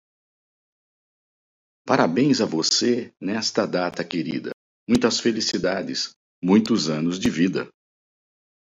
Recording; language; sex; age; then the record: short text; Brazilian Portuguese; male; 50 to 59 years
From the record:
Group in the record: control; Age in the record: 55 years